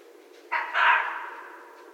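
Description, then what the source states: Red fox call: a rasping bark followed at once by a longer, hoarse scream that tails off slowly. Recorded 14 January 2012.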